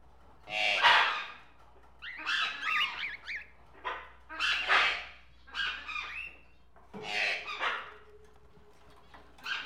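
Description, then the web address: Tropical birds chattering: rough squawks and jumbled, twittering notes in uneven bursts, several callers overlapping throughout. Various tropical birds together in a pet shop. "birds various tropical birds in a pet shop animal ambience"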